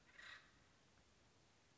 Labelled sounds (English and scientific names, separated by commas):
Acorn Woodpecker (Melanerpes formicivorus)